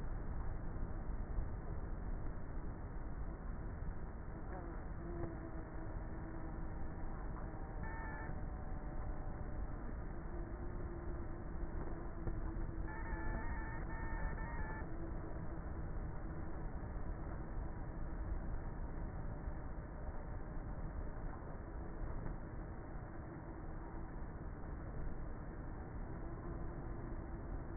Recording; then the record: honeybee colony, microphone inside the hive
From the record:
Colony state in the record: queenless with a low population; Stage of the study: before two queens were removed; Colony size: about 30,000 bees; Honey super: no